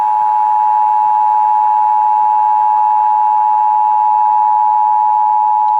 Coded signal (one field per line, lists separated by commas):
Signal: Emergency Alert System (SAME) tones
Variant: 853 and 960 Hz attention tone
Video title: (EAS #974-982) January 2026 Texas Required Monthly Test